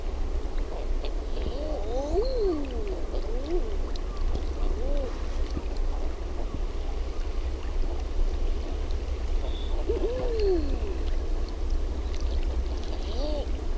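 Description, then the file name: Common eider calls, scattered soft rising-falling moans in small clusters with quiet gaps between, over a continuous low rumble. "HAAHKA"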